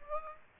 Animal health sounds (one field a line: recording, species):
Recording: mosquito wingbeat signal from an infrared sensor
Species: Aedes aegypti